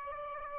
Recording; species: mosquito wingbeat signal from an infrared sensor; Aedes aegypti